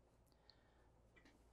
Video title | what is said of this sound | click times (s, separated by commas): 2024 New Aire Operational Overview. | release and that locks the wheel back in place | 0.5 s